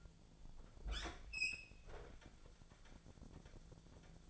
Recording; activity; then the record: daily activity, microphone in the room; open fridge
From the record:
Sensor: 5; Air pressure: 1000.2 hPa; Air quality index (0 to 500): 102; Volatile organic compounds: 1 ppm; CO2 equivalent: 826 ppm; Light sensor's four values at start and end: 234/554/237/260 and 236/560/240/263